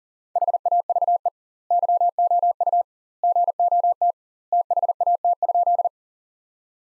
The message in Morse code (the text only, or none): HAVE YOU GOT THAT?